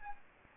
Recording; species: mosquito wingbeat signal from an infrared sensor; Anopheles gambiae